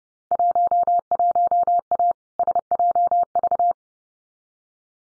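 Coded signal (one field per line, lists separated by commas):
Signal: Morse code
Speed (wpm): 32 wpm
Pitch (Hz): 700 Hz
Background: none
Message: 11A SJV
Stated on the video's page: Computer-generated Field Day contest exchange copying drill at 30 wpm, exchanges randomly selected, each sent twice with spoken answer between.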